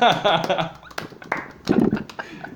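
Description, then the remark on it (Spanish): A few scattered hand claps, sharp and uneven, break through over people talking and laughing, more a brief, thin round of applause than a full ovation. “¡Un aplauso!”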